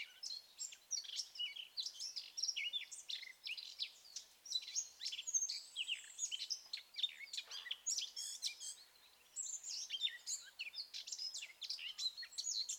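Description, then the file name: Eurasian blackcap song, almost continuous dense high twittering and warbling with sharp clicks, pausing briefly near the end. "Sylvia atricapilla"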